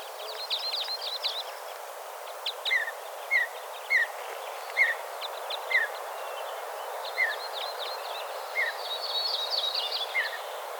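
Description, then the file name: Mountain bluebird giving soft, short down-slurred calls at irregular intervals, over steady background hiss and higher chirps from other birds. "Mountain Bluebird - Sialia currucoides"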